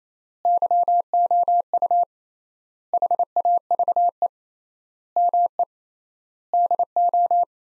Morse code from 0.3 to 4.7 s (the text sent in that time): YOU HAVE